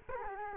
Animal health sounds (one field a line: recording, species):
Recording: mosquito wingbeat signal from an infrared sensor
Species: Culex quinquefasciatus